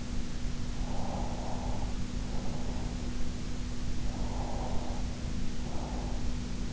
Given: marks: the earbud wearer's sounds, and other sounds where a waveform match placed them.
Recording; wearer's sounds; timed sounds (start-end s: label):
sounds in sleep by an in-ear microphone; breath
0.70-3.07 s: breath
3.98-6.25 s: breath